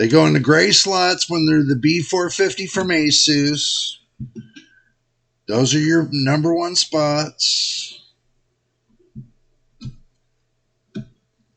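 Someone talks while handling a DDR4 memory stick over the gray DIMM slot on an ASUS B450 motherboard. A few faint, brief handling knocks follow in the quiet stretch afterward. The stick has not snapped into the slot; nothing has seated or clicked yet.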